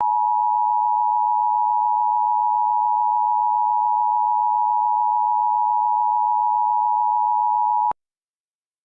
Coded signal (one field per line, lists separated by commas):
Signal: Emergency Alert System (SAME) tones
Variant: 853 and 960 Hz attention tone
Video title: ￼WCEF Emergency alert system￼ Demo￼ With fail￼